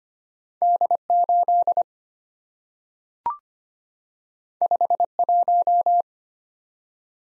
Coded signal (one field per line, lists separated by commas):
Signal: Morse code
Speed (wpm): 25 wpm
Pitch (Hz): 700 Hz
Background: none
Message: D 8 5 1